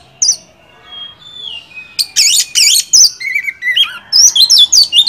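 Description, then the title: Oriental magpie-robin song: a soft drawn-out whistle, then a fast burst of high, twisting chirps and whistled notes building into a busy phrase. Indonesian songbird training (masteran) recording of an oriental magpie-robin, described as a first-place champion. "Masteran Kacer Juara 1"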